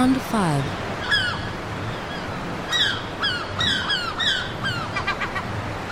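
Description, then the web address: Gull squawks, a low, sliding call at the start followed by repeated downslurred, harsh notes in bursts, set against continuous rushing background noise. Several seagulls at a beach. "seagulls beach loopable"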